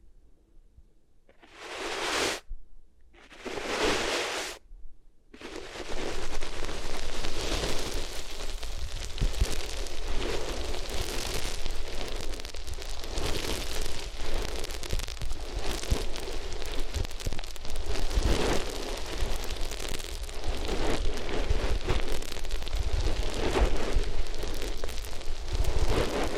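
Ears are rubbed against different materials, opening with two short scratchy swipes separated by silence. From about five seconds a dense, continuous crackling rustle takes over, steady and bright with a low rumble underneath, swelling in brief bursts every few seconds.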